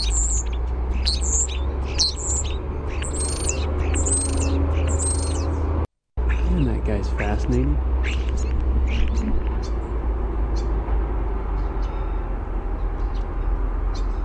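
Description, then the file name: European starling warbled song, busy mixed whistles and clicks for about six seconds, a brief silence, then sparser, fainter notes over a low rumble. "EUST warbledsong"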